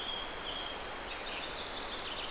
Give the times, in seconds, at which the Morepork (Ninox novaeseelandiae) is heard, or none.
none